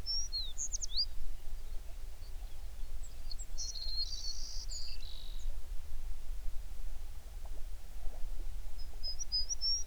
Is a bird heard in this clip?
yes